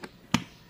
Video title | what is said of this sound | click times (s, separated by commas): #bag #leatherbags #bagbelow200rs #handbag #3zipbag #officebag #collegebag #schoolbag | கேக்குதா sound நல்லா magnet lock ஆகும் three zip உள்ளது | 0.3 s